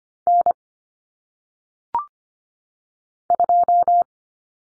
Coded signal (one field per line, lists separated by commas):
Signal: Morse code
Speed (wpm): 25 wpm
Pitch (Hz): 700 Hz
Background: none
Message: N 2